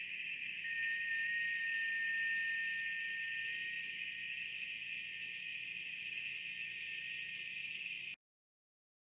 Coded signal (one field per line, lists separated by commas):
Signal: FT8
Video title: BITX40 Rebuild Part 4: Radio Sounds and DC blocking capacitors